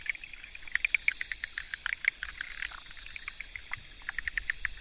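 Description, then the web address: Frogs give brief clicking calls in an uneven patter, quieter in the middle, over a continuous high background hiss. 25 October 2014. "frog rec 20141025"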